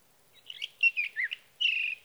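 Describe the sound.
Sage thrasher song: a quick run of varied warbled, slurred notes, then a longer sustained warble near the end.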